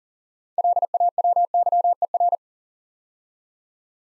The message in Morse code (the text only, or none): LAWYER